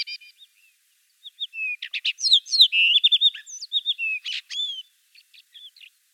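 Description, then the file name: Common rock thrush in full song: a lively jumble of sharp chips, slurred whistles and harsh buzzy notes, delivered quickly with brief pauses, tapering off into soft twitters. "Pticy Rossii. Pyostryj kamennyj drozd Monticola saxatilis"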